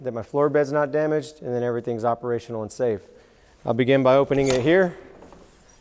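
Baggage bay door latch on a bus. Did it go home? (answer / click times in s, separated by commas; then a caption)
no / none. A man talks through a pre-trip inspection of a Prevost Entertainer coach as he starts to open a baggage bay door. A faint metallic sound is heard near the end. The baggage bay door latch has not yet caught or locked into place.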